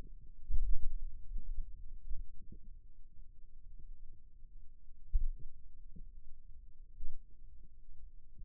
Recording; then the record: forearm muscle sounds (acoustic myography)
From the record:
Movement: finger pinch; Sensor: system 2, bracelet of six BSWA MPA416 microphones around the upper forearm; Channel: 1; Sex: male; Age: 22 years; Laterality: right